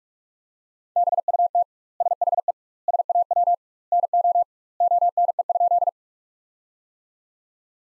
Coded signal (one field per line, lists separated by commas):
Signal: Morse code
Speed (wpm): 46 wpm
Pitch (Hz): 700 Hz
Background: none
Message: BUT SHE SAW NO ONE?